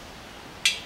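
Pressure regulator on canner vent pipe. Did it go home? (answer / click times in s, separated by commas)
yes / 0.7 s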